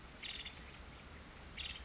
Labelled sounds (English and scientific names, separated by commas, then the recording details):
Nuttall's Woodpecker (Dryobates nuttallii)
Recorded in Sonoma County, California